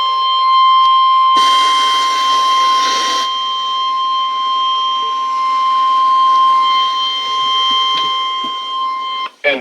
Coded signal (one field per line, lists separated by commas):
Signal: Emergency Alert System (SAME) tones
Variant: 1050 Hz attention tone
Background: speech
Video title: Another Big Milestone! 7/29/20 & 7/30/20 Compilation EAS #385 - 400!